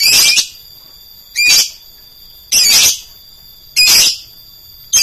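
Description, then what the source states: Lovebird giving shrill, harsh screeching bursts a little over a second apart, each under half a second, over a steady high whine. Call style named konslet.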